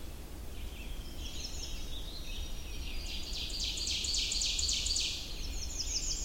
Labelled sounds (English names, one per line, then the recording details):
Ovenbird song
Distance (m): 40 m
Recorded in boreal forest in Alberta, Canada, on 21 June 2016 at 06:48
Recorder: SongMeter 3, array SBT-6-81
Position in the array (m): 52 m, 124 m
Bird 23